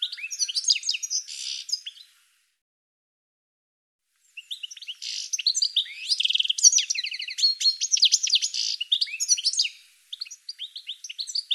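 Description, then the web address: Bird twittering: bright, fast chirps and warbled notes, a short silence of about two seconds, then a long run of jumbled high chirps and trills. "cianscape birddata Deverinetal 2025 File cleaned normalized Bird"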